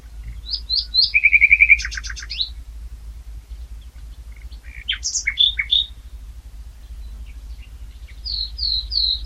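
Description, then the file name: Common nightingale singing varied phrases: high sweet notes, a fast rattling trill, then separate bursts of sharp chirps and high whistled notes, with a low steady rumble beneath. "Luscinia megarhynchos"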